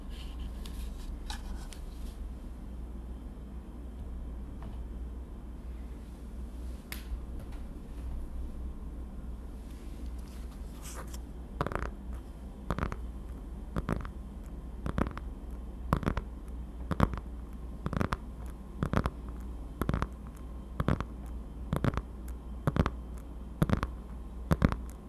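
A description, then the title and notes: Tapping on dark objects. The first ten seconds hold only a few faint, scattered clicks over a steady low hum. From about 11 seconds, crisp taps settle into a regular rhythm, roughly one every half second or so, continuing to the end. ASMR TAPPING on Dark things 黒いものにタッピング.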